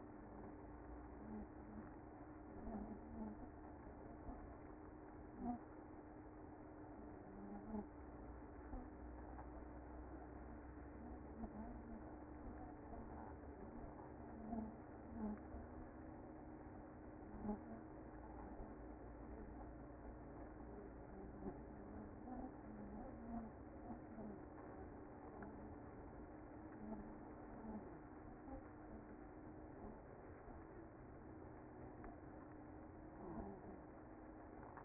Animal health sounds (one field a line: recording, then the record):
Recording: honeybee colony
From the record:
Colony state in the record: active